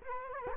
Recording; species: mosquito wingbeat signal from an infrared sensor; Culex quinquefasciatus